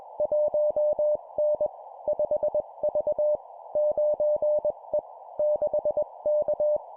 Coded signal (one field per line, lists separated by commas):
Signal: Morse code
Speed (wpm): 21 wpm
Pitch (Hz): 600 Hz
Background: none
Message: 1N 5V 9E 6K